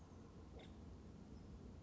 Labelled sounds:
Nuttall's Woodpecker

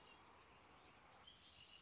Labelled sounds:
Red-winged Blackbird

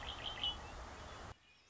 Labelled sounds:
Red-winged Blackbird

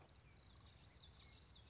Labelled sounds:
Common Yellowthroat

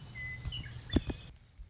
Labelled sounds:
Western Meadowlark

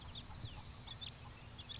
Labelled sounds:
House Finch

